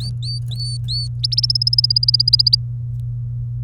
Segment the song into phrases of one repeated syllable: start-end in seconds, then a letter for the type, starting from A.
0.00-1.08 A, 1.23-2.55 B